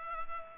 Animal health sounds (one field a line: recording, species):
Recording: mosquito wingbeat signal from an infrared sensor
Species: Culex pipiens